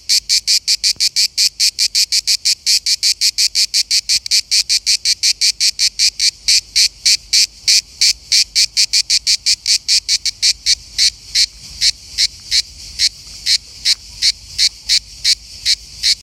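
A cicada calls in rapid, regular pulses, a high buzzing chirp repeated about four to five times per second for the full sixteen seconds. The pulses are evenly loud and bright, slightly spacing out toward the end, over a faint low hum.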